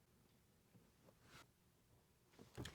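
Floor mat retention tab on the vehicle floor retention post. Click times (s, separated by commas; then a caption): 2.5 s, 2.7 s. A rubber floor liner in a 2024-2025 4th Gen Toyota Tacoma has its tabs pushed through the holes onto the vehicle floor's retention posts, and the retention dials are turned clockwise to lock it in place. After quiet handling noise, two short clicks sound at 2.5 s and 2.7 s as the liner locks in and is seated.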